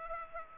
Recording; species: mosquito wingbeat signal from an infrared sensor; Culex pipiens